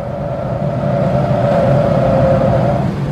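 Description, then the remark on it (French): A taxi engine hums steadily with a rising tonal whine as the taxi drives through New York following a car, its pitch holding then shifting slightly, loud and continuous with no voices. “Et puis ce taxi qui roule pas assez vite.”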